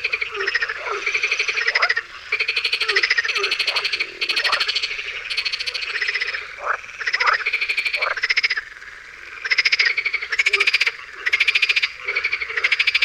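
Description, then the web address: Marsh frogs calling in a dense chorus, loud pulsed rattling croaks following one another almost continuously with brief gaps. "Tajemnice puszczy Zaba smieszka"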